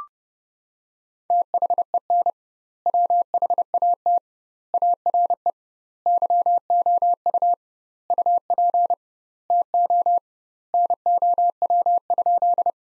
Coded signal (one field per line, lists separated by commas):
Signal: Morse code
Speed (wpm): 30 wpm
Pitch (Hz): 700 Hz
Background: none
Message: THEN WHAT ARE YOU UP TO NOW?